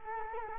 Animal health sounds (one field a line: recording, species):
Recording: mosquito wingbeat signal from an infrared sensor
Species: Culex quinquefasciatus